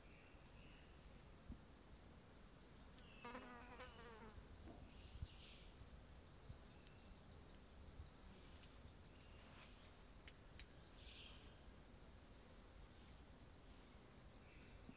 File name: Brachycephalus sulfuratus Biquinha not collected 18 set 2016 MRBornschein